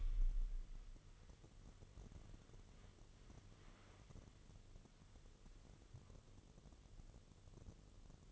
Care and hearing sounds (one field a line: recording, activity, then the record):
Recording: daily activity, microphone in the room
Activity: wipe stove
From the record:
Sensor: 4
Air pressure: 1015.9 hPa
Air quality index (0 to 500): 127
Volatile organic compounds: 3 ppm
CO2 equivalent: 1439 ppm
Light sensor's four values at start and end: 9/19/7/7 and 9/19/7/7